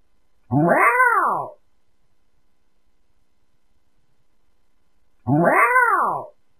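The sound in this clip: Cat gives two matching meows, each about a second long with a rising-then-falling pitch, separated by roughly four seconds of quiet.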